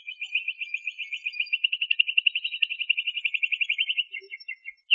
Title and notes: BM Suara Kenari. BM Suara Burung Kenari